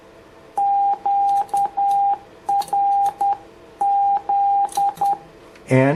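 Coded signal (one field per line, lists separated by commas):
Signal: Morse code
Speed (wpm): 10 wpm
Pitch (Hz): 800 Hz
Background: speech, radio noise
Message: QRZ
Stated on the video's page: CW from a Yaesu FT-710.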